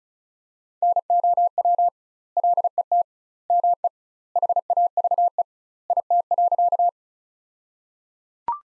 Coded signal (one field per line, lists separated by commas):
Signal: Morse code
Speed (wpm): 36 wpm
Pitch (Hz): 700 Hz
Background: none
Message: NOW LET ME HAVE IT.